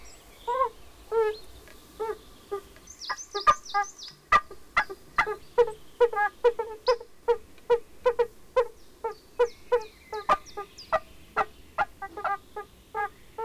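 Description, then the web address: Yellow-bellied toad calls: short, mellow, low notes repeated at an uneven pace, mixed with high bird whistles and chirps. "Hangok Bombina variegata"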